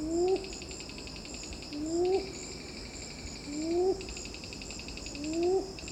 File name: red billed ground cuckoo